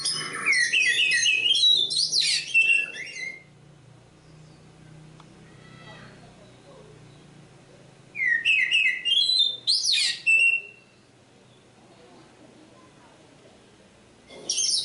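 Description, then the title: Oriental magpie-robin singing loud bursts of sweeping whistles and rapid high chirps, separated by several seconds of quiet. Kacer Poci, national champion competition bird; singing gacor, with nembak and ngerol; seven kinds of kacer sound every three minutes. "Kacer Poci Gacor Nembak Dan Ngerol Juara Nasional. 7 macam suara kacer setiap 3 menit"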